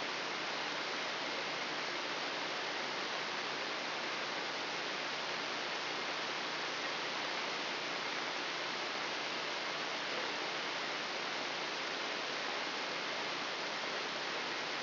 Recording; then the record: brain microelectrode recording played as sound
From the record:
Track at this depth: inside the subthalamic nucleus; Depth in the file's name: 3.108 mm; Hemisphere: left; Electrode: 3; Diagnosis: Parkinson's disease